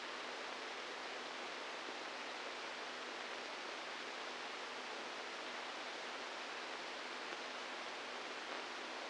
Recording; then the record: brain microelectrode recording played as sound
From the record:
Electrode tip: outside the subthalamic nucleus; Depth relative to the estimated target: -3 mm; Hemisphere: right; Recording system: NeuroSet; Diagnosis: Parkinson's disease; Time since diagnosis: 8 years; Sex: male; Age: 46 years